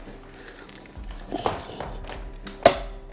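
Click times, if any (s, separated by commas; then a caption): 2.7 s. The folding stem of a Synergy Aviator 2.0 dual-motor electric scooter is pulled down to fold it, with some handling knocks around 1.4–1.5 s. The folding latch clicks sharply at 2.7 s, locking the stem in the folded position.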